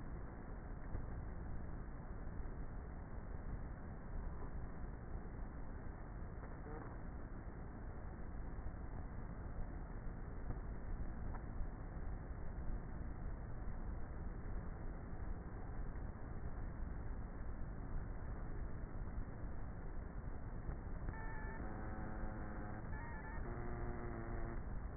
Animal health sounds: honeybee colony, microphone inside the hive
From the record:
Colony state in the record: queenless with a low population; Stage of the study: before two queens were removed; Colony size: about 30,000 bees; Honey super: no

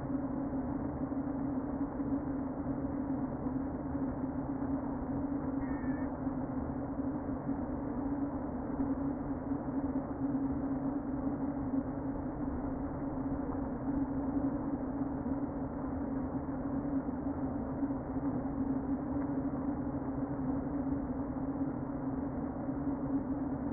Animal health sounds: honeybee colony, microphone inside the hive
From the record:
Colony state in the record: queen present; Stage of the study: before two queens were removed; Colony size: about 60,000 bees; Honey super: yes

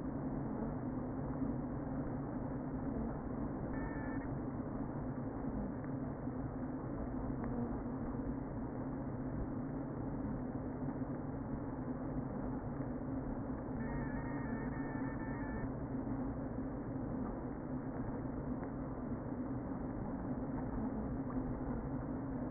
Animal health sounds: honeybee colony, microphone inside the hive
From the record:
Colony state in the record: queen present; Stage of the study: before two queens were removed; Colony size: about 60,000 bees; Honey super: yes

